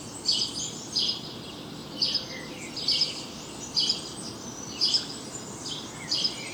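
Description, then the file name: House sparrow giving sharp, high chirps about once a second against constant background noise. "Passer domesticus"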